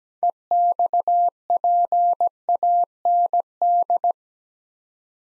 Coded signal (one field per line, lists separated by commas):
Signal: Morse code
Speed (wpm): 17 wpm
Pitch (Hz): 700 Hz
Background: none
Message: EXPAND